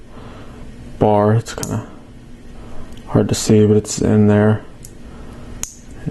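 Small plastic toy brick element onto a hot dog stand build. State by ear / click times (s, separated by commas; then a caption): seated / 5.6 s. A small plastic LEGO brick element is pressed onto its stud connection on the hot dog stand of a LEGO City Fun in the Park City People Pack build (set 60134). Someone talks, and a sharp, loud click is heard at 5.6 s as the element seats onto the stud.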